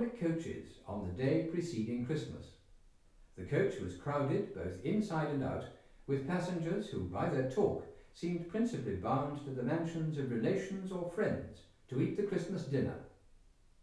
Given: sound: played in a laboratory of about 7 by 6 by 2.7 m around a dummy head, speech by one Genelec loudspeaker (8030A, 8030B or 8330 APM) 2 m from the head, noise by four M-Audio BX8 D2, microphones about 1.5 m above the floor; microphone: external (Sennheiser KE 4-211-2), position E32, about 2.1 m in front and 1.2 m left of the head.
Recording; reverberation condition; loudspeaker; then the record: male speech in English; medium; 150 degrees to the right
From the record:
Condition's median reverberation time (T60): about 510 ms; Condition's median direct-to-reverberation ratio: about -0.5 dB